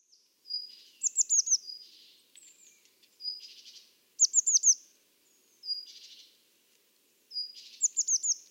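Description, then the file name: Eurasian blue tit calling: thin high notes, quick runs of bright downslurred chips and soft buzzy churrs, in several phrases. "Cyanistes caeruleus"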